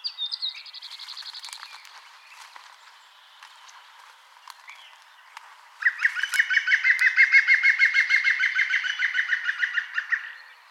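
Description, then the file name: European green woodpecker giving a loud laughing series of evenly repeated notes, with a faint similar series at the start and a long loud run in the second half. "Pic vert"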